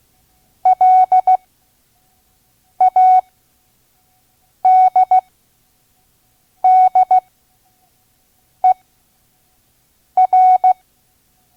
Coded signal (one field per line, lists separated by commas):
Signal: Morse code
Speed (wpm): 16 wpm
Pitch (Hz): 740 Hz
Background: none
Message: LADDER